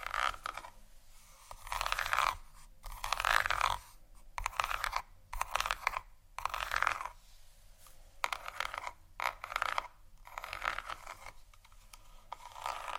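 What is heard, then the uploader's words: Gentle scratching comes in soft, bristly bursts about once every second or two, each swelling and fading over roughly a second. The strokes sound bright and airy with short gaps of near silence between them, and a faint low hum lies underneath. ASMR Gentle Scratching For Sleep（No Talking）.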